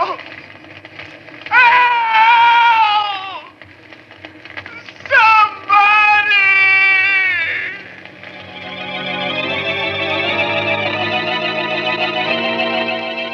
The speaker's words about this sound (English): Flames roar higher and higher as Dr. Goff screams and staggers backward.